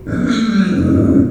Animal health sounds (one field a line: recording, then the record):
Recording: squeal of a Yucatan mini pig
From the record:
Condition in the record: after surgery on the right vocal fold (resection and tissue-engineered implant)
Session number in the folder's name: 6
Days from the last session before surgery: 40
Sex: female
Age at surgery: 19 weeks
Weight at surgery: 25 kg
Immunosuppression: prednisolone